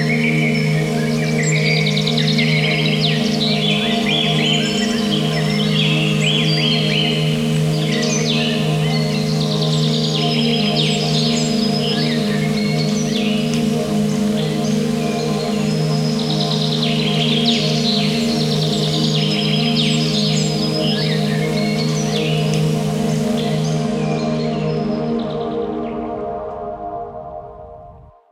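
Birds chirp and trill busily throughout over a steady bed of soft rain-like hiss, with calls scattered densely across the upper range. Beneath them sustained low tones hum continuously like a singing bowl drone, until everything fades out over the last few seconds.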